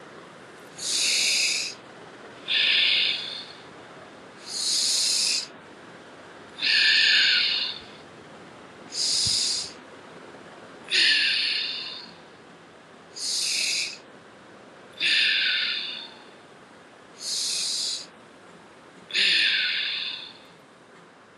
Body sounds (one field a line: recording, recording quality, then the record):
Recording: deep breathing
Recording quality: excellent, no background noise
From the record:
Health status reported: healthy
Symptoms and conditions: none ticked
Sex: female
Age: 28 years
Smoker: not ticked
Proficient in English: yes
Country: India